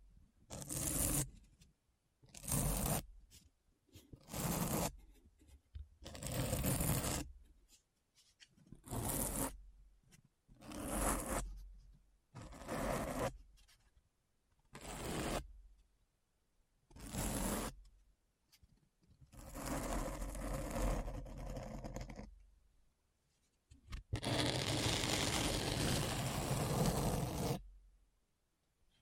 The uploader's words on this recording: ASMR Deep Brain Scratch (No Talking).